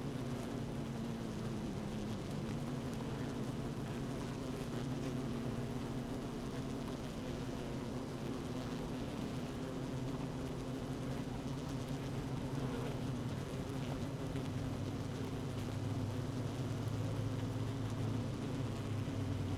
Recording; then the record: honeybee colony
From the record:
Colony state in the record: active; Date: 12 June 2018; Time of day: 15:19